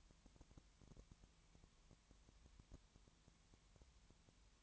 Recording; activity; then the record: daily activity, microphone in the room; no activity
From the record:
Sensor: 3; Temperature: 20.5 degrees Celsius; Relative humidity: 32.9%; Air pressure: 1003.2 hPa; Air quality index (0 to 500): 106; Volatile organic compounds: 2 ppm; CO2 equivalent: 1075 ppm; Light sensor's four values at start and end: 2/3/2/2 and 2/3/2/2